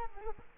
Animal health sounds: mosquito wingbeat signal from an infrared sensor; Culex quinquefasciatus

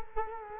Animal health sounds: mosquito wingbeat signal from an infrared sensor; Culex quinquefasciatus

